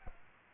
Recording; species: mosquito wingbeat signal from an infrared sensor; Aedes albopictus